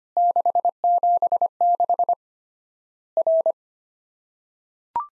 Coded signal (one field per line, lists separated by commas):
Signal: Morse code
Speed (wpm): 25 wpm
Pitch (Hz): 700 Hz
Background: none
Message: 676 R